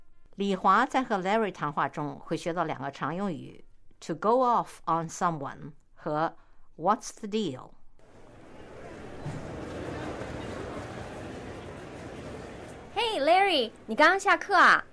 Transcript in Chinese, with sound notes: 李华在和 Larry 谈话中会学到两个常用语：to go off on someone 和 what's the deal. (School building lobby SFX) Hey, Larry. 你刚下课:啊？